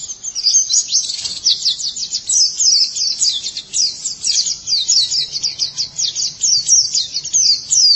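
White-eye song, a continuous high twittering warble of quick, slurred downward notes that runs on steadily for the whole stretch.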